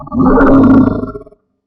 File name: Lion Roar